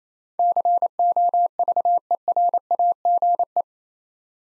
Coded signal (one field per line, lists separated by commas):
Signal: Morse code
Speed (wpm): 28 wpm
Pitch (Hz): 700 Hz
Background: none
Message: COVERAGE